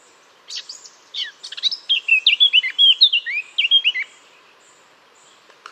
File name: Sylvia atricapilla